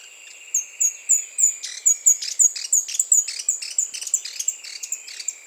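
Speckled Spinetail giving a rapid series of high, sharp notes.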